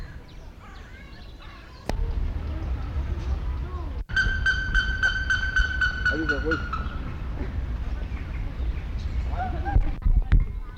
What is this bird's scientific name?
Theristicus caerulescens